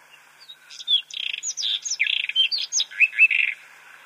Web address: Schulze Peter White-throated Robin song